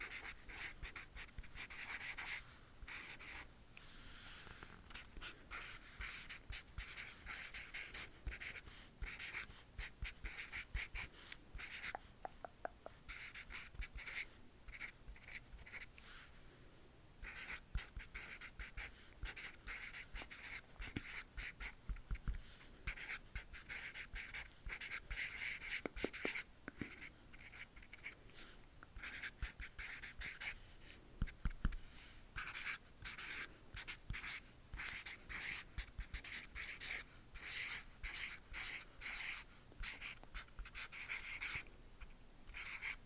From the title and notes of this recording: ASMR Black Triggers For Sleep (tapping & scratching).